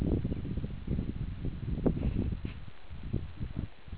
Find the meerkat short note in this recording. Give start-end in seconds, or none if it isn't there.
none